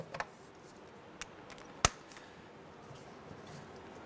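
A socket or driver turns the worm screw on a metal hose clamp on a hose of a 2003-2011 Honda Element, but the stripped screw head slips instead of turning. There is a light tick at about 0.2 s and a sharp, loud metallic snap at about 1.9 s, followed by faint scrapes. Nothing has seated or clicked yet.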